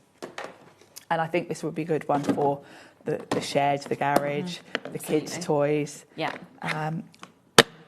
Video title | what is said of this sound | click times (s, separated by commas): HobbyMaker Live | you can just hear that, can't you? Yeah. Solid click. | 7.6 s